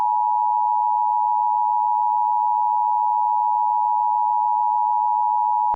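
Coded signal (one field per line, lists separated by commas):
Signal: Emergency Alert System (SAME) tones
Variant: 853 and 960 Hz attention tone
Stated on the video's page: Mock Christmas Blue Alert, not a real broadcast.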